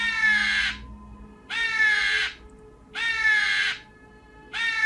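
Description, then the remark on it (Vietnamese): Crows perched on tree branches in an empty forest caw in a steady series of four loud, harsh calls, each about a second long and evenly spaced, with a faint low hum between them and no voices. “Bỗng nhiên trong khu rừng vắng, tiếng kêu của những con quạ vang lên khiến cho tôi giật mình.”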